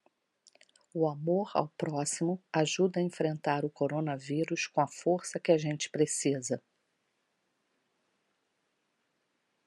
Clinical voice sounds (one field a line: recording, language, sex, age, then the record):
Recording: spoken sentence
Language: Brazilian Portuguese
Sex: female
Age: 50 to 59 years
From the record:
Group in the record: control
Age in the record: 56 years